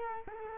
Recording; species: mosquito wingbeat signal from an infrared sensor; Culex quinquefasciatus